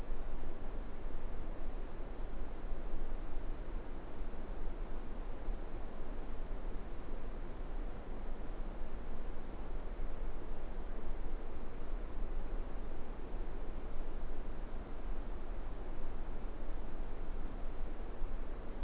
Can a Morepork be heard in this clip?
no